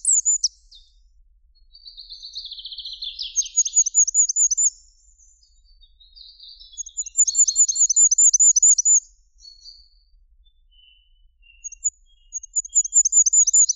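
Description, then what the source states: Goldcrest singing very high, thin phrases of repeated identical modulated syllables, several phrases separated by pauses. Song described as lasting a few seconds, a repetition of identical modulated syllables.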